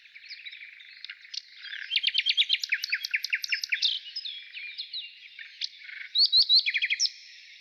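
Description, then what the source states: Nightingale song building from soft twitters into loud, evenly repeated notes, then softer phrases and a final strong burst. Heard in the morning.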